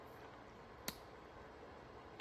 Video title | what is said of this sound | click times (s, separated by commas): 400 to 500 Stroker Build: Short Block Assembled Part 2 #mopar #stroker | these are actually perfect and they lock. You could actually hear it kind of snap into place. | 0.9 s